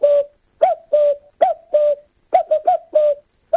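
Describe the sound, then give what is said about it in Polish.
A voice imitates a cuckoo, giving about ten short, hollow mid-pitched hoots in quick pairs, each swooping up and then holding steady, with brief silences between them. “więc panie redaktorze, zapraszam pana na lekcję do mnie, dokładnie naśladuję Kukułkę, proszę posłuchać.”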